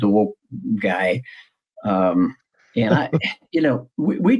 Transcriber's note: laughs